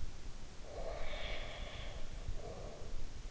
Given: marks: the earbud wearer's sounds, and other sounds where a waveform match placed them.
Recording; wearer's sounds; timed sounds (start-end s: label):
sounds in sleep by an in-ear microphone; breath
0.48-3.14 s: breath